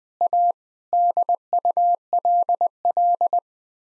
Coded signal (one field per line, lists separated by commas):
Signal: Morse code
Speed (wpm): 21 wpm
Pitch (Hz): 700 Hz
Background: none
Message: A DULL